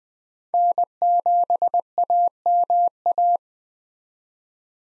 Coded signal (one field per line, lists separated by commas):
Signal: Morse code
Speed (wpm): 20 wpm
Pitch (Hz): 700 Hz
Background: none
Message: N7AMA